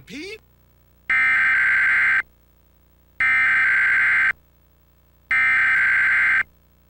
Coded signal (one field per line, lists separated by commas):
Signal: Emergency Alert System (SAME) tones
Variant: header bursts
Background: speech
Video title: Comcast Emergency Alert System - Required Weekly Test (December 22, 2022)